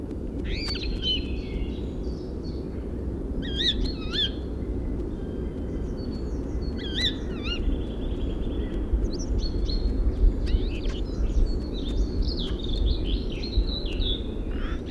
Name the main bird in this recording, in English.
European Starling